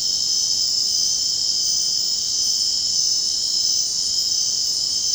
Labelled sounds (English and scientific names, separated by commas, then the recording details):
none
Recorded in dense forest near Puerto Asís, Putumayo, Colombia, on 23 June 2025 at 23:30
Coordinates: 0.499, -76.324
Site G100